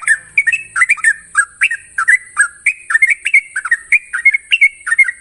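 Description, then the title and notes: Yellow-vented Bulbul singing: rapid chattering whistles, rising and falling notes strung without pause, over a steady faint high hiss. Recording intended as a master for training other birds; song style called ropel panjang, a long trill. "Masteran Trucukan Ropel Panjang. Kicau Burung Trucukan"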